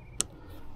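A small plastic cover piece is pressed onto the rear door lock area of a Land Rover LR4 after the upper door lock actuator is replaced. It snaps on with one sharp, bright click at 0.2 s over a quiet background, and the cover is seated.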